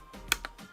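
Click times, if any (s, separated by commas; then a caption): 0.3 s, 0.4 s. A DDR5 memory stick is pushed down into a motherboard DIMM slot until its plastic retention latch snaps shut. A sharp, bright click is heard at 0.3 s, followed by a second, quieter click at 0.5 s. The module seats with a very solid click.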